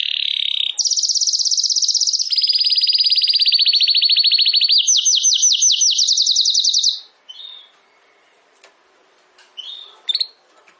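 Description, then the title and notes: Domestic canary song: rapid trills and a long rolling tour, then swooping repeated notes, followed by quiet with a few soft chirps. Belgian canary singing in the campainha song style. "Canário Belga Campainha Canary Singing. Canario Belga Cantando"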